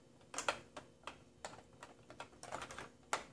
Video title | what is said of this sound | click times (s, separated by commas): LEGO Star Wars 75053 The Ghost™ Review | we go. Now it clicked. | 3.1 s